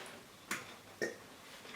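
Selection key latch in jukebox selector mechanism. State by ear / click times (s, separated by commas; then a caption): released / 0.5 s. A selection key in the selector mechanism of a Rock-Ola 430 jukebox is pressed so it latches in, then released. It springs back out with a single sharp click at 0.5 s, and a second similar click follows around 1.0 s. The key latch pops out on release as it should.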